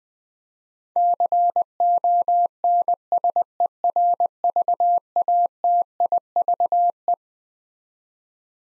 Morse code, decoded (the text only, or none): CONSERVATIVE